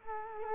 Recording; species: mosquito wingbeat signal from an infrared sensor; Culex quinquefasciatus